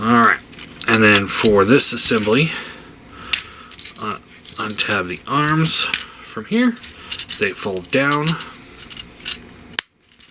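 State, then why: Seated. Someone talks while unlatching the plastic arms of a Transformers Legacy Motormaster transforming-robot toy and folding them down against the body joint. A sharp click at 9.8 s marks the arm snapping into its locked position, fully seated.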